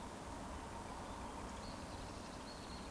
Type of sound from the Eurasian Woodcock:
whistle